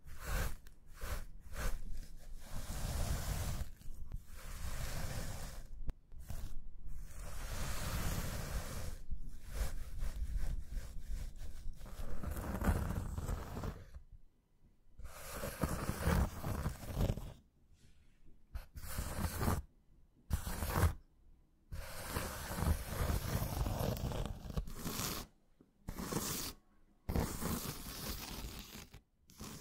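Hand movements rub, scratch and stroke across a surface in long, dense rasping passes, with brief silent breaks every few seconds. After about fourteen seconds the strokes grow shorter and more separated, with tapping-like bursts and longer gaps of quiet between them.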